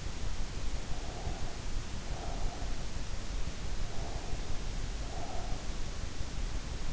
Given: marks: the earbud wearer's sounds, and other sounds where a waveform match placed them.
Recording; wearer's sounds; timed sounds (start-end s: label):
sounds in sleep by an in-ear microphone; breath
0.80-2.81 s: breath
3.89-5.74 s: breath